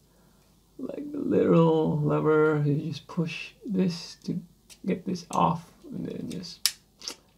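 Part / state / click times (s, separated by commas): quick-release plate into flexible tripod head lock / seated / 7.1 s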